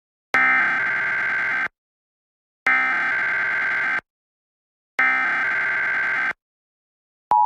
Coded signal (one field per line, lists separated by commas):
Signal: Emergency Alert System (SAME) tones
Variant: header bursts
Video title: EAS 5 Minutes Alert Test